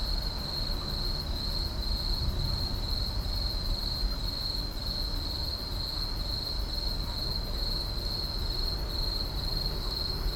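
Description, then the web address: Insects giving a steady high-pitched trill without pause, over a continuous low hum. Night insect chorus in an urban park. "boom library Urban and Suburban Urban park night insects"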